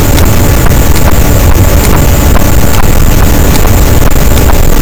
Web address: Physeter Macrocephalus gaussian noise SNR 24 d B cachalot